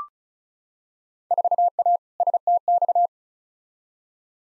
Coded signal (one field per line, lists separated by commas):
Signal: Morse code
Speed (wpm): 36 wpm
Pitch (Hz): 700 Hz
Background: none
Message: 4A STX